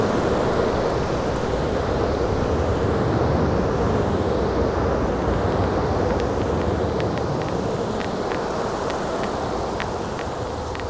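An alien planet ambience: a dense, steady roar fills the low and middle range, like heavy wind or surf, holding an even loudness throughout. From about six seconds on, short bright pings and ticks flicker irregularly above the rumble.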